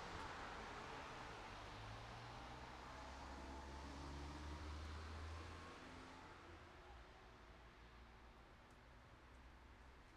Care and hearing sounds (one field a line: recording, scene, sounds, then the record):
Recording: everyday scene through a hearing-aid microphone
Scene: in traffic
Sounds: traffic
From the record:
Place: city secondary road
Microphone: in the ear canal, right